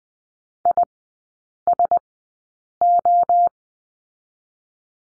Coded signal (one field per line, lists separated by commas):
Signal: Morse code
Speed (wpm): 19 wpm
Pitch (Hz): 700 Hz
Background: none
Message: ISO